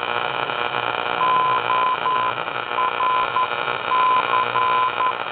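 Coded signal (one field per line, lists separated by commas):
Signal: Morse code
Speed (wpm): 11 wpm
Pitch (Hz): 1020 Hz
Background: none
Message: ORC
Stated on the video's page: Morse heard on the AM band, apparently a beacon repeating the same identifier.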